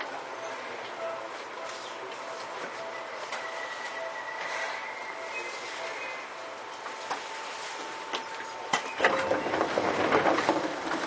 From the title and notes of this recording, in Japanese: 西武旧2000系 西武新宿〜本川越。今回は急行運用を録音しました。モーターはMT54系の界磁チョッパ対応改良の独自型。